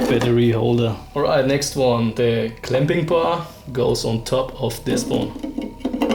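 Someone talks while handling the clamping piece of a custom battery holder, which goes on top of a lightweight AGM racing battery installed for weight reduction in a Nissan 350Z. Two brief, sharp handling sounds occur near the end, at about 5.9 and 6.0 seconds. The clamp has not snapped into place yet.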